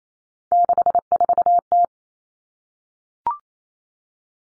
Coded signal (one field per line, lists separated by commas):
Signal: Morse code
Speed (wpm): 28 wpm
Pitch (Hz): 700 Hz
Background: none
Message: 64T